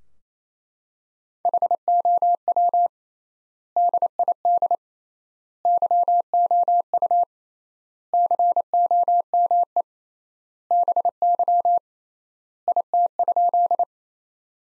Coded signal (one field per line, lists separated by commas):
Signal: Morse code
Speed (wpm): 27 wpm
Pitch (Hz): 700 Hz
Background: none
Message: HOW DID YOU COME BY IT?